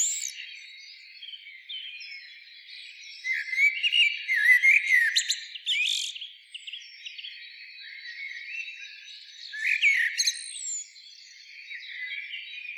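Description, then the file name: Common blackbird giving mellow warbled phrases that climb into shrill, scratchy twitters, two main bursts about six seconds apart against a constant high-pitched background drone. "Turdus merula"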